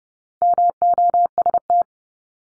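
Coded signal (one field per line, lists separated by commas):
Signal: Morse code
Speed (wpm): 30 wpm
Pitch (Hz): 700 Hz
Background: none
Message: MOST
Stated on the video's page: Top 200 English words drill at 30 wpm, each word sent three times, then once more.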